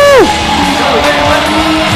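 An applause sound effect played to welcome the band a band: a loud, sharp whoop swoops downward in pitch at the start, then gives way to a steady wash of crowd cheering and clapping that holds at an even level.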